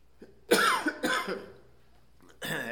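Two harsh, wet-sounding coughs and the start of a third from an adult: a junky, productive cough that has lasted for weeks.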